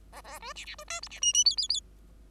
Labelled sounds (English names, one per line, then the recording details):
Bengalese Finch song
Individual Bird5